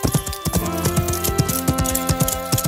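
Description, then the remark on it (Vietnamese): Horse hooves clip-clop in a quick, steady trotting rhythm as riders leave a cave on horseback, each knock sharp and hollow, over a sustained tonal musical backdrop. “Họ lên ngựa và rời khỏi hang động của tên khổng lồ.”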